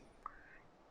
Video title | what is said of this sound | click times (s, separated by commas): Conexiones Rápidas Universales Coflex | esta distancia que está ahí me va a permitir que yo con mi mano empuje el casquillo hacia adentro se escucha un clic | 0.3 s